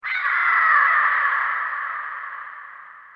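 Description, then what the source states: Eagle call: a single long, harsh, piercing scream lasting about three seconds that slowly falls in pitch and fades away throughout. Piercing call in a valley.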